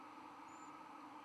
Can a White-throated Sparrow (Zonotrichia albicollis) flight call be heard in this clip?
no